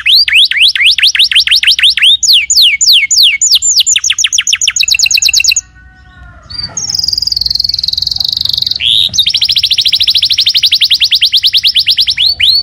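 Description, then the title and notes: Canary song opening with bright upward-sweeping notes in quick series, a soft low passage, then a sustained whistle and a dense rattling trill. Young canary; long-duration lure or training song, used as tutor song for teaching other canaries. "Pancingan Kenari Muda Durasi Panjang. masteran kenari"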